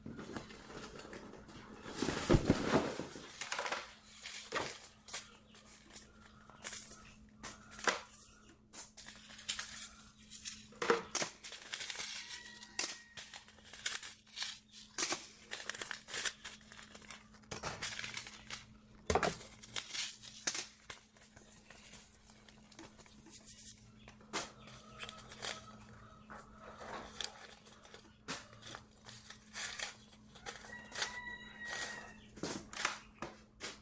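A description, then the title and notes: Seed packets are shuffled and sorted, with frequent sharp crinkles and paper taps scattered irregularly across the whole stretch, the loudest around the second and nineteenth seconds. A steady low hum runs underneath throughout, and a few brief high squeaks appear near twelve and thirty-one seconds. Sorting Seed packets. Sorting packets of seeds.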